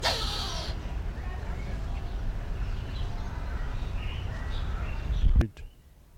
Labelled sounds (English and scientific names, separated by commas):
Violet Turaco (Musophaga violacea) call